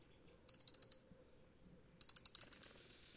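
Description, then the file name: European robin giving two fast strings of sharp, high ticks against soft low background noise. "Erithacus rubecula"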